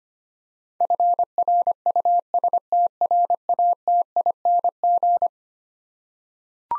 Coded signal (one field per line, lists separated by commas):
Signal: Morse code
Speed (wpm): 25 wpm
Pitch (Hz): 700 Hz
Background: none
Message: FRUSTRATING